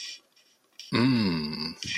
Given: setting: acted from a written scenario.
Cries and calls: vocal sound without words; desire

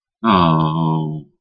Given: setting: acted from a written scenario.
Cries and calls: vocal sound without words; sympathy

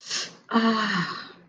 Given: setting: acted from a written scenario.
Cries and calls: vocal sound without words; pain

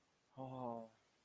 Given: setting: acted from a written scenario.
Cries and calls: vocal sound without words; sympathy

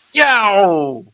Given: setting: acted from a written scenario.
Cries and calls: vocal sound without words; pain

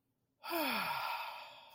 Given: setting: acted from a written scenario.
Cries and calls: vocal sound without words; serenity

